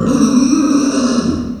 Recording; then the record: squeal of a Yucatan mini pig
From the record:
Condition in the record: after surgery on the right vocal fold (resection and tissue-engineered implant); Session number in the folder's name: 9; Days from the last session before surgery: 65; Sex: female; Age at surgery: 19 weeks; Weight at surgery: 25 kg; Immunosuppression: prednisolone